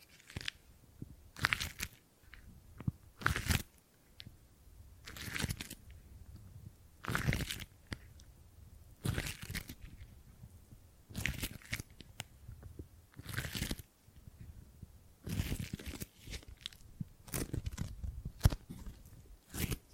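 Gripping and grabbing sounds: short, crunchy bursts of handling noise, like fingers clutching and squeezing material, arriving every second or two across the whole stretch. Each grab is quick and bright with a crackly edge, separated by near-silent gaps with faint low rumbling.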